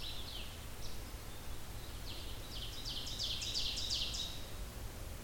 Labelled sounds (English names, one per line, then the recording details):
Ovenbird song
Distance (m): 75 m
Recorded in boreal forest in Alberta, Canada, on 16 June 2016 at 06:11
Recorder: SongMeter 3, array SBT-3-32
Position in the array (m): 115 m, 147 m
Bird 37